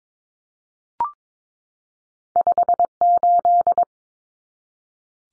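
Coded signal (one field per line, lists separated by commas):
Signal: Morse code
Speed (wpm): 22 wpm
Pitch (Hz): 700 Hz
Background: none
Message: 58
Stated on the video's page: Two-digit number copy drill at 22 wpm, each number sent in Morse twice.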